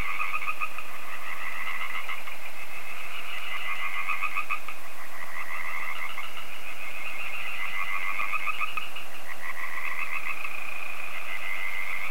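Frogs calling in a dense, continuous chorus of overlapping rapid trills and croaks, with no pauses across the whole stretch.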